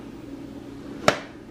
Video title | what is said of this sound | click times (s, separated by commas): Canning Green Beans - How To Can Green Beans - Canning Beans - Preserving The Harvest | until you hear a click until it won't turn anymore | 1.1 s